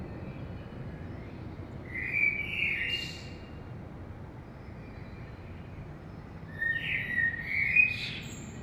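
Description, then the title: Common blackbird delivering two separate melodious phrases several seconds apart, each a low fluted warble ending in high scratchy twitters, with a soft steady hum behind. Early morning in Saint-Gilles, Belgium; recorded with a DPA 2006c microphone pair in AB stereo into a Zoom F3 recorder. "Saint-Gilles, Belgique - Blackbird - Merle"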